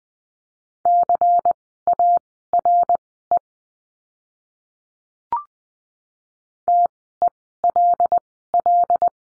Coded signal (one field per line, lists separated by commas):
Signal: Morse code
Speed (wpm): 19 wpm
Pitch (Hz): 700 Hz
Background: none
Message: CARE TELL